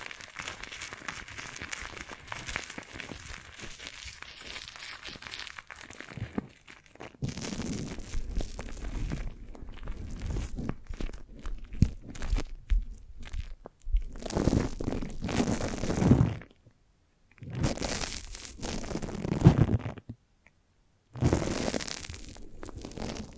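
Foamy, sticky rubbing and crinkling sounds come in dense bursts, dense and bright at first, then fuller, broken by several short silences.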